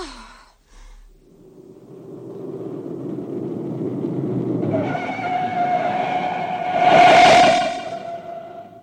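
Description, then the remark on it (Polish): A car engine starts low and rumbling, then revs steadily higher as the car drives off, swelling to a loud roaring peak before easing slightly at the end. “Przyjacielu, podaj mi pelerynę, wąsy, skrzypce i samochód. Jedziemy?”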